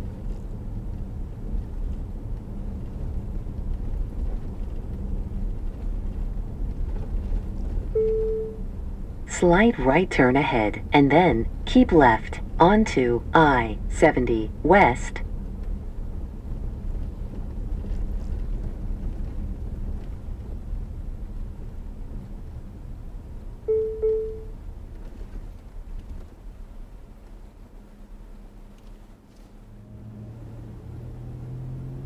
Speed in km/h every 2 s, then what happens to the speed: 29, 31, 31, 29, 29, 26, 27, 29, 27, 23, 19, 15, 10, 6, 10, 18.
0-15 steady at about 29. 15-26 slows to 6. 26-32 speeds up to 18.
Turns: none.